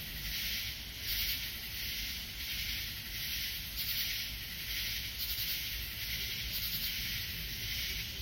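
Katydid rasps, soft pulsed bursts repeated over a dense, continuous high hiss.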